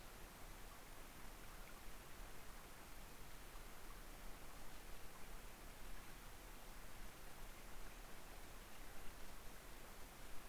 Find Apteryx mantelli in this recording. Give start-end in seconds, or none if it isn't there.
none